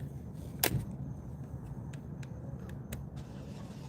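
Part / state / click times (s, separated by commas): device into protective case / seated / 0.6 s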